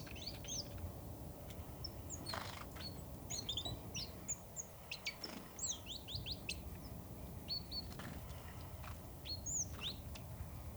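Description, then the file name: Great tit giving quick high chirps and slurred notes in loose bursts, several close together, over a constant low rumbling background. "Parus major"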